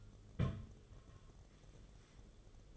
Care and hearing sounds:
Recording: daily activity, microphone in the room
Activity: place on stove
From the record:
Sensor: 4

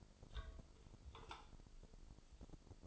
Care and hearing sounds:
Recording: daily activity, microphone in the room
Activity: take from stove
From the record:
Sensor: 5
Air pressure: 995.5 hPa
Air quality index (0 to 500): 100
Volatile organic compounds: 6 ppm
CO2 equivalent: 1911 ppm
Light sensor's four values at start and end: 24/59/23/21 and 24/58/23/21

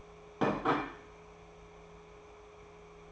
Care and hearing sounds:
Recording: daily activity, microphone in the room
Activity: place plate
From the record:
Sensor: 1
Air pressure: 1015.0 hPa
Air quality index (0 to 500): 201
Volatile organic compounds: 25 ppm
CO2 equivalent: 2848 ppm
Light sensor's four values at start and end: 26/64/28/33 and 27/65/28/33

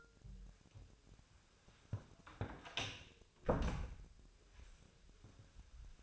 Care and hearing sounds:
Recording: daily activity, microphone in the room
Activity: close door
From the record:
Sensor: 2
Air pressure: 1007.4 hPa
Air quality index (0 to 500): 182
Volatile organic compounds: 10 ppm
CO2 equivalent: 2230 ppm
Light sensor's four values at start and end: 10/24/10/10 and 10/23/10/10

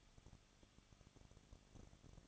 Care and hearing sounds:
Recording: daily activity, microphone in the room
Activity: no activity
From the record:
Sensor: 4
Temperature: 23.0 degrees Celsius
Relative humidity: 34.6%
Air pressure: 1007.2 hPa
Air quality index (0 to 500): 215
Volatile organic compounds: 15 ppm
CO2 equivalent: 2490 ppm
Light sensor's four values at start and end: 2/3/1/1 and 2/3/1/1

